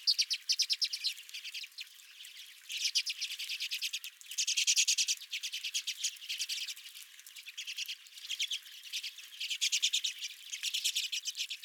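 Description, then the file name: Chattering redpolls, bursts of rattling trills and sharp ticks that rise and fall over and over. Redpolls at the recordist's feeder. "Redpolls at My Feeder"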